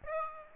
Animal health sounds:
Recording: mosquito wingbeat signal from an infrared sensor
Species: Aedes aegypti

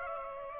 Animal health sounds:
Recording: mosquito wingbeat signal from an infrared sensor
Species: Aedes aegypti

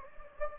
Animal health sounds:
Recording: mosquito wingbeat signal from an infrared sensor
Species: Anopheles gambiae

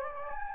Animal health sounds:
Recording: mosquito wingbeat signal from an infrared sensor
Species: Anopheles gambiae

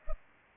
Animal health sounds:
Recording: mosquito wingbeat signal from an infrared sensor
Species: Culex pipiens

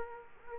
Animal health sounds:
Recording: mosquito wingbeat signal from an infrared sensor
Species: Aedes aegypti

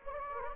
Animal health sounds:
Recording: mosquito wingbeat signal from an infrared sensor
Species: Anopheles gambiae

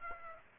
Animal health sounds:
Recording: mosquito wingbeat signal from an infrared sensor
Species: Aedes aegypti

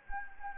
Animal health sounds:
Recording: mosquito wingbeat signal from an infrared sensor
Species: Anopheles gambiae

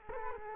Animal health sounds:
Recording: mosquito wingbeat signal from an infrared sensor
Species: Culex quinquefasciatus

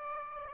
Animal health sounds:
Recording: mosquito wingbeat signal from an infrared sensor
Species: Aedes aegypti

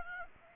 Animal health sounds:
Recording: mosquito wingbeat signal from an infrared sensor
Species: Aedes aegypti

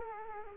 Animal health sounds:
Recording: mosquito wingbeat signal from an infrared sensor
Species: Culex quinquefasciatus

